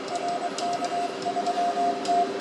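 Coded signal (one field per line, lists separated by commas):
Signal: Morse code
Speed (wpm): 22 wpm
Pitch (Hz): 700 Hz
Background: radio noise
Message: RK3T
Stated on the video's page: Aurora-reflection contacts on 144 MHz during a strong auroral opening, many QSOs made.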